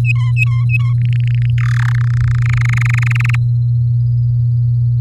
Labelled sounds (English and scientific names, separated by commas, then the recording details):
Domestic Canary (Serinus canaria) song
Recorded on 6 May 2018 at 11:33
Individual llb16